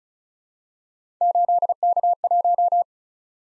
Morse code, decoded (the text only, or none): 8K1